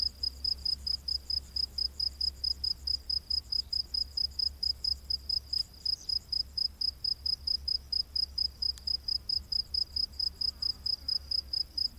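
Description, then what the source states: Cricket chirps repeated rapidly and evenly, a bright high pulsing over a constant thin trill, with a couple of brief clicks and low steady hum beneath. Crickets calling in a humid rainforest at night.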